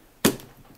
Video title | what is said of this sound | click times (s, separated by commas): How To Build A Gaming PC (Early 2014) | and it all just lock into place | 0.2 s